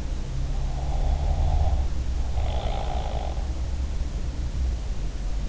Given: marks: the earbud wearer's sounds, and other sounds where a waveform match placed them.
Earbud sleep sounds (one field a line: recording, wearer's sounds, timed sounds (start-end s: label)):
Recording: sounds in sleep by an in-ear microphone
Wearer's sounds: snoring breath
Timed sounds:
0.70-3.42 s: snoring breath